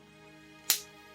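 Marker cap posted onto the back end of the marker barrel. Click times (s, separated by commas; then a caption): 0.7 s. The plastic cap of an Azure Professional alcohol marker is pushed onto the back end of the marker barrel (posted) and snaps into place at 0.7 s with a short, sharp, bright click. Faint steady background music plays throughout, and the cap is seated.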